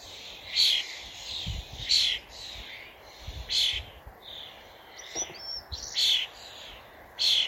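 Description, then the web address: Common starling giving several harsh, rasping calls, with a brief burst of squeaky whistled chatter near the end and low knocking sounds. "Deverinetal 2025. Bird Only"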